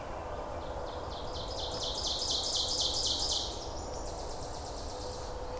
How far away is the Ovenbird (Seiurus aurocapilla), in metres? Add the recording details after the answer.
about 35 m. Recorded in boreal forest in Alberta, Canada, on 26 May 2016 at 07:54. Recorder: SongMeter 3, array SBT-3-15. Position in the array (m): 52 m, 221 m. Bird 20